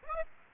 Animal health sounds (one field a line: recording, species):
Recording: mosquito wingbeat signal from an infrared sensor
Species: Aedes aegypti